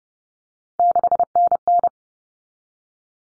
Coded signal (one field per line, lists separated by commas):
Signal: Morse code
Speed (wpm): 30 wpm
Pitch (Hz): 700 Hz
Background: none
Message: 6NN